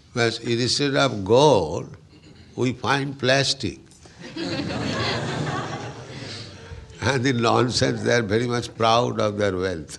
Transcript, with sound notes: but instead of gold, we find plastic. [laughter] And the nonsense, they are very much proud of their wealth.